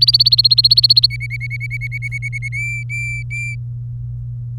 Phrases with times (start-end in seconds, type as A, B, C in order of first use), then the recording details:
0.01-1.06 A, 1.10-2.48 B, 2.52-3.55 C. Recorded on 24 April 2018 at 11:27. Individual llb3